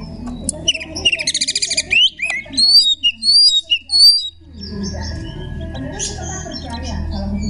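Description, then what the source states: Magpie-robin song: a rapid rattling trill, then clear, sweet rising and falling whistles, followed by steady low noise. Song style called tembakan ngekek.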